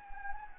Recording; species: mosquito wingbeat signal from an infrared sensor; Anopheles gambiae